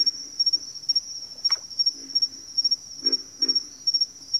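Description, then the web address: Pig frog grunts: a few low, guttural pulses in uneven groups, with a sharp click and a steady high cricket drone. "Sleep Sounds of Nature. Pig Frogs"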